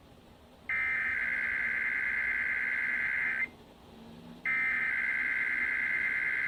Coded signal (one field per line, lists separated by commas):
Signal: Emergency Alert System (SAME) tones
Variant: header bursts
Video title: Sacramento Area Required Monthly Test (EAS #648-653)